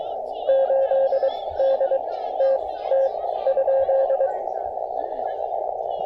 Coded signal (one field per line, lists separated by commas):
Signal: Morse code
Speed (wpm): 22 wpm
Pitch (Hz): 540 Hz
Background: music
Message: 8 DTT ?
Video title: POTA Under the Oaks: A little wet weather can't dampen this South Mountains activation!